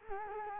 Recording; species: mosquito wingbeat signal from an infrared sensor; Culex quinquefasciatus